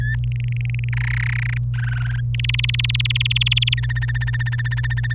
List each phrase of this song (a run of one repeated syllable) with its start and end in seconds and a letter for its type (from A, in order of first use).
0.00-0.15 A, 0.24-0.89 B, 0.93-1.58 C, 1.74-2.20 D, 2.34-3.74 E, 3.77-5.13 F